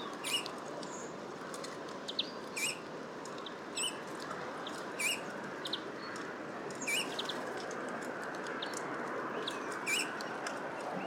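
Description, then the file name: Eurasian bullfinch calls: soft, short hooked whistles given singly at irregular intervals over a steady rushing, hissing background noise, with a few faint clicks. "Pyrrhula pyrrhula"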